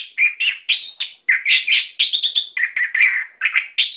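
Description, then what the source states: Songbird song, a continuous rush of warbled, buzzy and whistled notes with hardly any pause. Masteran, song-training audio used for cage birds.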